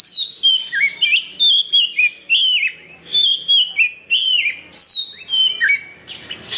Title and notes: suara kacer. kumpulan suara burung kacer